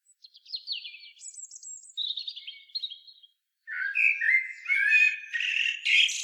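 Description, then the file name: Common blackbird song: thin, high twittering notes run for about three seconds, then a richer, lower warbled phrase follows. "Turdus merula"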